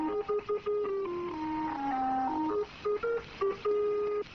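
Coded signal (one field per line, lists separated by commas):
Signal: numbers station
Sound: a short electronic melody of stepped notes with brief pauses, slightly distorted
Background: radio static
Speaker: they even adhere to a vintage shortwave tradition the interval signal this is a little diddy played a few minutes before the main broadcast to help the listener find and fine-tune the [Music] signal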